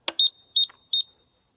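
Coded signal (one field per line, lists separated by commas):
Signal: beep code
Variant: Coop Controls door opener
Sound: a click, then three short high-pitched beeps, evenly spaced about 0.4 seconds apart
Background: small room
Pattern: 3 short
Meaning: Fault; the door opener will not work, apparently a control board problem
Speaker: when I turn this on now, you get 3 beeps, and this status light's constantly blinking red.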